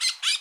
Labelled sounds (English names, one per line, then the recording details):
Brown-throated Parakeet contact call
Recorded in Bonaire
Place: just S of turnoff to Cai, near Lac Bay
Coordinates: 12.126, -68.239